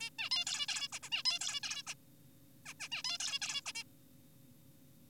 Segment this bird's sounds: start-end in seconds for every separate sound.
0.01-0.10, 0.19-0.29, 0.31-0.45, 0.47-0.67, 0.69-0.88, 0.93-0.99, 1.03-1.09, 1.12-1.23, 1.25-1.39, 1.41-1.60, 1.63-1.83, 1.87-1.94, 2.66-2.74, 2.80-2.88, 2.92-3.02, 3.04-3.18, 3.20-3.39, 3.42-3.61, 3.66-3.73, 3.75-3.83